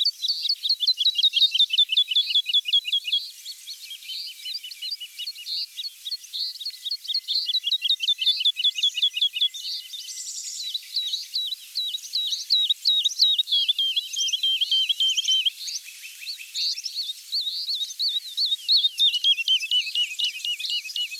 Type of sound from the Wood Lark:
song